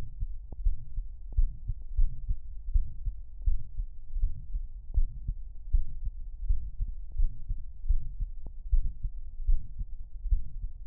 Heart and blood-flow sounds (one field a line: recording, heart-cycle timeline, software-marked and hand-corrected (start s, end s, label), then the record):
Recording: heart sounds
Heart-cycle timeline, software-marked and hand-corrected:
0.00	0.02	S1
0.02	0.22	systole
0.22	0.32	S2
0.32	0.64	diastole
0.64	0.76	S1
0.76	0.96	systole
0.96	1.04	S2
1.04	1.36	diastole
1.36	1.50	S1
1.50	1.64	systole
1.64	1.70	S2
1.70	1.96	diastole
1.96	2.10	S1
2.10	2.30	systole
2.30	2.38	S2
2.38	2.72	diastole
2.72	2.86	S1
2.86	3.04	systole
3.04	3.14	S2
3.14	3.44	diastole
3.44	3.58	S1
3.58	3.78	systole
3.78	3.86	S2
3.86	4.16	diastole
4.16	4.32	S1
4.32	4.52	systole
4.52	4.62	S2
4.62	4.96	diastole
4.96	5.08	S1
5.08	5.26	systole
5.26	5.36	S2
5.36	5.72	diastole
5.72	5.86	S1
5.86	6.04	systole
6.04	6.14	S2
6.14	6.46	diastole
6.46	6.60	S1
6.60	6.80	systole
6.80	6.90	S2
6.90	7.18	diastole
7.18	7.30	S1
7.30	7.50	systole
7.50	7.58	S2
7.58	7.88	diastole
7.88	8.02	S1
8.02	8.22	systole
8.22	8.32	S2
8.32	8.70	diastole
8.70	8.84	S1
8.84	9.04	systole
9.04	9.12	S2
9.12	9.46	diastole
9.46	9.60	S1
9.60	9.80	systole
9.80	9.90	S2
9.90	10.26	diastole
10.26	10.40	S1
10.40	10.60	systole
10.60	10.70	S2
10.70	10.87	diastole
From the record:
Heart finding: mitral regurgitation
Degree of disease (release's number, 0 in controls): 2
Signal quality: good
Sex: male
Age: 79 years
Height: 1.75 m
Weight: 80 kg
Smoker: yes